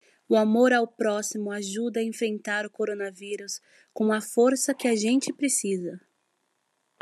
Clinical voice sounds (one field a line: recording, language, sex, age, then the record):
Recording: spoken sentence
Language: Brazilian Portuguese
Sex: female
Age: 20 to 29 years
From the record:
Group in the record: control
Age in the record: 25 years